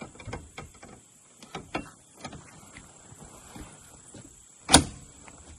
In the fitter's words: Hear it click?